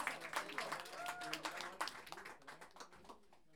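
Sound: audience applause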